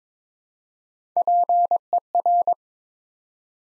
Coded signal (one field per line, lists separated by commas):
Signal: Morse code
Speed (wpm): 22 wpm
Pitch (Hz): 700 Hz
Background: none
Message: PER